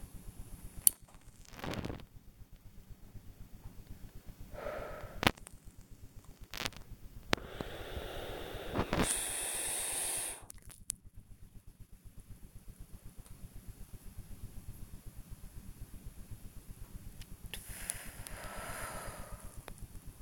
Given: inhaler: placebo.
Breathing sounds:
one use of a dry powder inhaler by a smartwatch
0.43-1.32 s: inhaler activation
4.51-5.19 s: exhalation
7.37-10.52 s: inhalation
17.41-19.64 s: exhalation

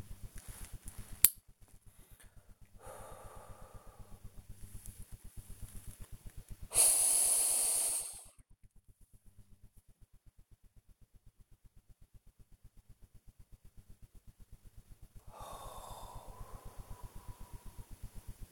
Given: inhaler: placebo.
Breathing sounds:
one use of a dry powder inhaler by a smartwatch
0.18-1.52 s: inhaler activation
2.70-4.49 s: exhalation
6.62-8.50 s: inhalation
15.19-18.32 s: exhalation

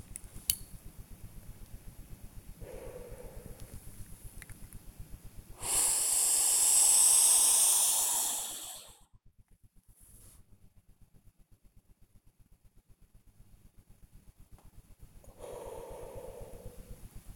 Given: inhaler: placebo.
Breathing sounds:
one use of a dry powder inhaler by a smartwatch
0.07-0.86 s: inhaler activation
2.56-3.97 s: exhalation
5.46-9.21 s: inhalation
15.19-17.14 s: exhalation

